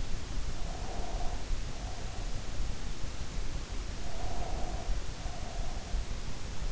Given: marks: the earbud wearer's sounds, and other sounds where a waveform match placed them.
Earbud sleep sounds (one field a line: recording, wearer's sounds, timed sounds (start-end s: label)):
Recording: sounds in sleep by an in-ear microphone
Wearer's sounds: breath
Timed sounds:
0.54-2.78 s: breath
3.99-6.10 s: breath